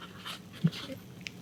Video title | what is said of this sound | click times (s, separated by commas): Book Nook Build: The Full Over 5-Hour Journey (No Time Skips!) | This inside one's not There it went. Wow. Popped into place. | 1.3 s